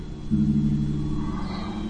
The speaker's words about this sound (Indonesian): Sampai di kamar, aku rebahkan badanku, dan ketika hendak tertidur, lagi-lagi suara kereta api yang melintas membuatku terbangun.